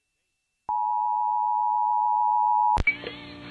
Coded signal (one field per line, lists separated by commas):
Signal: Emergency Alert System (SAME) tones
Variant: 853 and 960 Hz attention tone